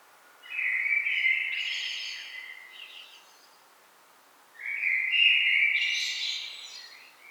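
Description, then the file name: Common blackbird singing two phrases about four seconds apart, each a rich fluted warble that finishes with a scratchy high twitter. "Turdus merula"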